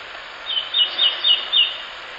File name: シロハラ 遠藤